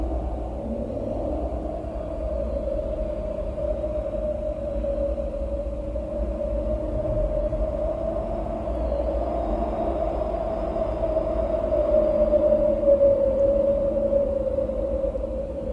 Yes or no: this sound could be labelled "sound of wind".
yes